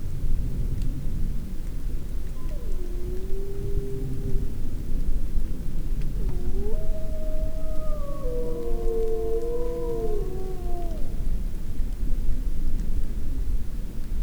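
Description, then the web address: Grey wolf howls, one smooth tone first, then a chorus of several overlapping howls at different pitches, above steady low rumbling noise. Adult wolves, Vercors, 2004, 28–29 June; various calls. "Le-loup Docs Florac-28-29-juin cris divers loup loup vercors 2004 adultes"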